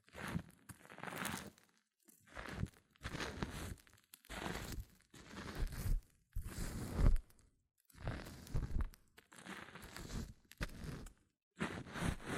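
Hair mousse fizzes and crackles in a series of short, dense bursts, each lasting about a second and separated by brief silences. The bursts are bright and crinkly, with a crunchy, rustling texture, repeating roughly every second throughout.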